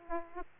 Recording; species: mosquito wingbeat signal from an infrared sensor; Aedes aegypti